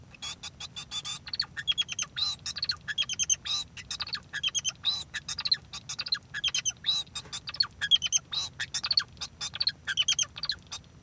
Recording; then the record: song of a male Bengalese finch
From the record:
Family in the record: son of father 2